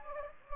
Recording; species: mosquito wingbeat signal from an infrared sensor; Anopheles gambiae